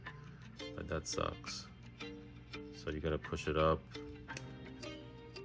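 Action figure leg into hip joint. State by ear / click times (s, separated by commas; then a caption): seated / 4.4 s. A plastic action-figure leg that had slipped out of place is pushed back up into the hip joint while someone talks over background music. A sharp click at 4.4 s marks the leg seating back into the hip joint.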